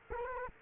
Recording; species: mosquito wingbeat signal from an infrared sensor; Culex quinquefasciatus